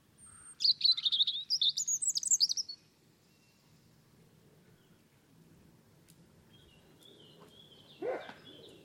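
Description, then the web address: European robin song: a rapid jumble of high, thin, trilling notes for about two seconds, then a pause and a fainter short phrase near the end. "Deverinetal 2025 File origin Bird Only Er Ru"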